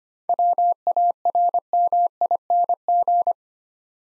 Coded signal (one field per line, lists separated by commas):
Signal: Morse code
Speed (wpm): 25 wpm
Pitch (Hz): 700 Hz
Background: none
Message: WARMING